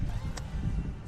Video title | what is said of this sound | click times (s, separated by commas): Mini R53 Rocker cover gasket change | then you hear that click just makes it neater it doesn't really matter which way you do it but i just looking at the way you're doing it click | 0.4 s